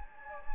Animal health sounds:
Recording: mosquito wingbeat signal from an infrared sensor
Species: Anopheles gambiae

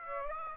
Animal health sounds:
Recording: mosquito wingbeat signal from an infrared sensor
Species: Aedes aegypti

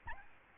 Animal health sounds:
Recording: mosquito wingbeat signal from an infrared sensor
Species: Aedes albopictus

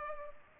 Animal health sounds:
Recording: mosquito wingbeat signal from an infrared sensor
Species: Culex pipiens

